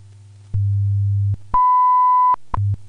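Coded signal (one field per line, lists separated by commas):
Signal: radio time signal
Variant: WWV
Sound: low 100 Hz hum, then a 0.8 second 1 kHz beep, a tick, hum again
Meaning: The long 1 kHz tone marks the start of a minute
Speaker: at the tone 15 hours eight minutes coordinated universal time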